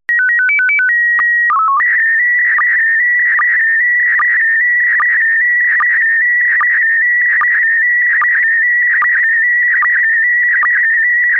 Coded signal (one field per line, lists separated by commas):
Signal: SSTV (slow-scan television)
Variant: PD 160